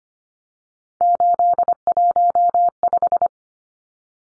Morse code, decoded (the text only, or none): 815